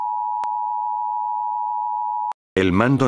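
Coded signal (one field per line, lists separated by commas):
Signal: Emergency Alert System (SAME) tones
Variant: 853 and 960 Hz attention tone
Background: speech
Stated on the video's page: Fictional EAS scenario about nuclear missiles striking Chile; not a real alert.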